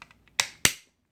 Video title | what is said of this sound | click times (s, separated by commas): How to Maintain Your Vacuum's Turbo Brush | this just slides right in and clicks | 0.4 s, 0.7 s